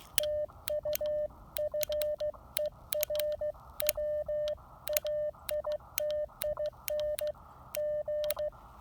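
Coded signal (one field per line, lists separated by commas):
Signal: Morse code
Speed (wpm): 15 wpm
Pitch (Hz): 590 Hz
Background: none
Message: TU FER WAITING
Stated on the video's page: CW on a POTA park activation using an Icom IC-703 Plus QRP transceiver.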